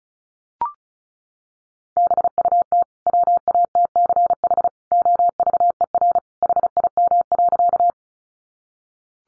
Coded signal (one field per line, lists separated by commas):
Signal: Morse code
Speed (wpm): 34 wpm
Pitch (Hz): 700 Hz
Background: none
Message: BUT WATCH OVER HIM.